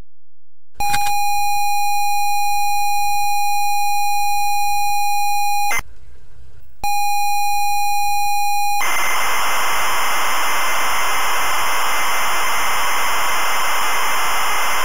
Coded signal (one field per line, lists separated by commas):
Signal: ZX Spectrum tape loading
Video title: Target Renegade (ZX Spectrum)